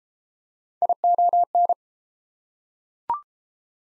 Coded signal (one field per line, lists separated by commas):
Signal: Morse code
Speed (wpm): 31 wpm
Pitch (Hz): 700 Hz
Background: none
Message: ION